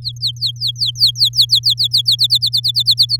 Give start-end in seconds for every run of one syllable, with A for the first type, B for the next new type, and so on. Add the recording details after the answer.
0.02-1.74 A, 1.77-3.17 B. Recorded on 7 May 2018 at 14:17. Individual llb16